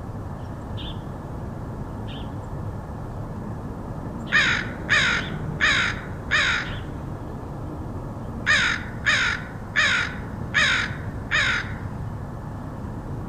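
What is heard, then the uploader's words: Crows caw in two bursts: four harsh, evenly spaced calls from about four to seven seconds, then five more from eight and a half to twelve. A couple of short, faint chirps come early, and a steady low rumble runs underneath throughout. Crows of Portland. Crows recorded by Dan Bodah in Portland, OR.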